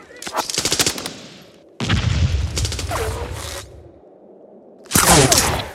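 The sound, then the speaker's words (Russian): Three loud bursts of rapid machine gun fire from a machine gunner in a bunker, each a fast rattle of sharp cracks, with a deep rumbling low end under the middle burst and a brief whooshing sweep. “Клинт из-за дерева выпускает стрелу в пулеметчика в бункере.”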